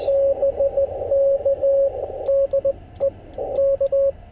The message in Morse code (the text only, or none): BK DE K